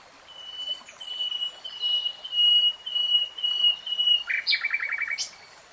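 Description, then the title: Nightingale song: a long series of thin, level whistles that swell and fade, ending in a quick rattling burst of rapid notes. Singing, in a 3-hour real-time recording. "[Tiếng chim hót] Nightingale Singing"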